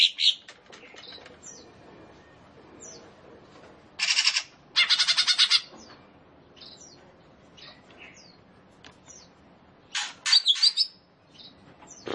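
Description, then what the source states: Leafbird giving scattered soft chips, then two loud rattling bursts and a later sharp twittering phrase over a low background. Cucak ijo, described as gacor, i.e. singing vigorously.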